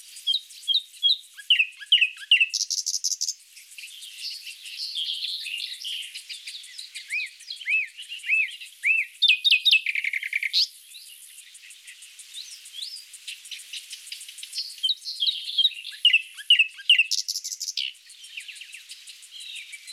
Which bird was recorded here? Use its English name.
Common Nightingale